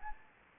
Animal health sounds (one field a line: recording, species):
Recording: mosquito wingbeat signal from an infrared sensor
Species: Anopheles gambiae